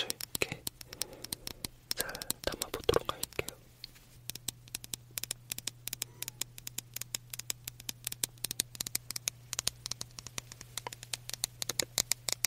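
Candle tapping: quick, crisp fingertip taps patter irregularly throughout, with soft scraping in the first few seconds and a steady low hum underneath.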